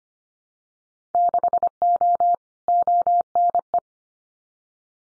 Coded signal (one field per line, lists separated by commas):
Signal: Morse code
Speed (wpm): 25 wpm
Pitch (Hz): 700 Hz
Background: none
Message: 6O ONE